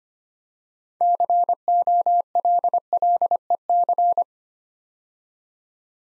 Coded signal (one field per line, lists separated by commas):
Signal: Morse code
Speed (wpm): 25 wpm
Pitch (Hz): 700 Hz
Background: none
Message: COLLEC